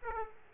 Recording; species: mosquito wingbeat signal from an infrared sensor; Aedes aegypti